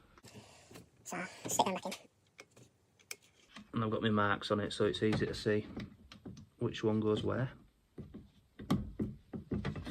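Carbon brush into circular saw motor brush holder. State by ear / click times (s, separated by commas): seated / 8.7 s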